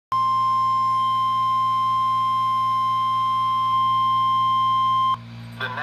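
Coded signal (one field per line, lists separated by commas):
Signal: Emergency Alert System (SAME) tones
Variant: 1050 Hz attention tone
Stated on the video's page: Severe Thunderstorm Warning received from NOAA Weather Radio station serving Columbus, Ohio, early morning.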